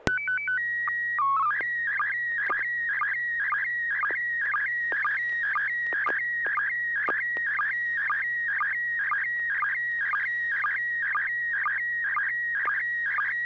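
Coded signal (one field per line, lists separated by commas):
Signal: SSTV (slow-scan television)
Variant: PD 120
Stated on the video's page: Weekly SSTV net on a 441.30 MHz FM repeater using MMSSTV.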